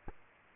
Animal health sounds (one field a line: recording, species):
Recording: mosquito wingbeat signal from an infrared sensor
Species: Aedes aegypti